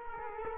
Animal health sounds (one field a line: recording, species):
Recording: mosquito wingbeat signal from an infrared sensor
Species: Culex quinquefasciatus